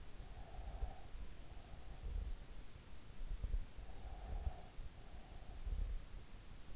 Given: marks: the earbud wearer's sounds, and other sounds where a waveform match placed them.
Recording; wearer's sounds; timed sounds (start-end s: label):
sounds in sleep by an in-ear microphone; breath
0.14-1.98 s: breath
3.77-6.13 s: breath